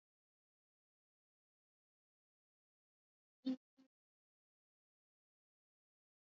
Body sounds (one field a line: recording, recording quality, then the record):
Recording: sustained vowel as in beet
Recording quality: moderate, slight background noise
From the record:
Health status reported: COVID-19 positive, moderate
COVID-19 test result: positive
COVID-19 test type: RT-PCR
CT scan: not taken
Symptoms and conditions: cough, fever, fatigue, muscle pain, loss of smell and taste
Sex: female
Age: 34 years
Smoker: no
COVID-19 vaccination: both doses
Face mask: worn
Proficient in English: yes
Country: India